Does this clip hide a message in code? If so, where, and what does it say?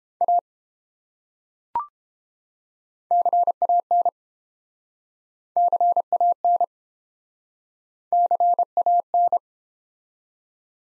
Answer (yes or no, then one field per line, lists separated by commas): yes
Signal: Morse code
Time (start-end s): 0.2-9.4 s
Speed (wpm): 31 wpm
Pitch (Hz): 700 Hz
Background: none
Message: A CAN CAN CAN